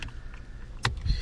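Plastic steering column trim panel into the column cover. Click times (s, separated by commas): 0.9 s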